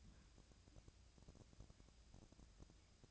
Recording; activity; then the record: daily activity, microphone in the room; take from stove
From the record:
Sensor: 2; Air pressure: 999.8 hPa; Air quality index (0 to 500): 123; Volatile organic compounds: 2 ppm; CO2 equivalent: 1064 ppm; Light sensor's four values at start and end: 34/84/37/41 and 34/84/37/41